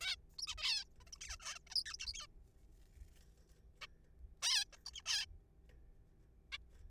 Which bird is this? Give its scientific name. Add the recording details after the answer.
Taeniopygia guttata. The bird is a juvenile. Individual R3428